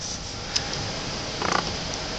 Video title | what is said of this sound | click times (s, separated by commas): 4l60e Transmission shift solenoid replacement | and you rein saw the clip push it until it snaps | 0.6 s, 1.5 s